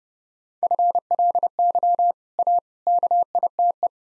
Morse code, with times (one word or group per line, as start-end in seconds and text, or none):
0.6-2.1 FLY
2.4-2.6 A
2.9-3.9 KITE